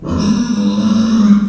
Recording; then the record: squeal of a Yucatan mini pig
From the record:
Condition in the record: after surgery on the right vocal fold (resection and tissue-engineered implant); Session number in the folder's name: 10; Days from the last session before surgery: 86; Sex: female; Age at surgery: 19 weeks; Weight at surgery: 25 kg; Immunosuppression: prednisolone